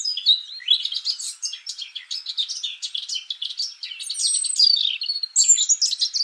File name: Sylvia atricapilla